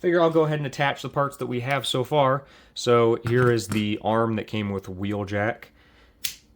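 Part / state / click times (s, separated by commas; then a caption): toy arm part into build-a-figure torso/shoulder joint / seated / 6.2 s. Someone talks while holding the arm piece that came with Wheeljack, part of a plastic build-a-figure. The arm is pushed into the figure's shoulder joint, and a sharp snap at 6.2 s shows it seated.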